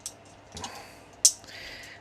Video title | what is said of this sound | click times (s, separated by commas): Retro review: Transformers Cybertron Landmine | it clicks and there you can see we've got that | 1.3 s